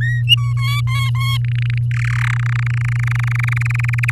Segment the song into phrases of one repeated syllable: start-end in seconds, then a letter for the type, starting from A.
0.01-0.22 A, 0.27-0.53 B, 0.56-1.37 C, 1.44-1.78 D, 1.91-2.31 E, 2.33-4.11 F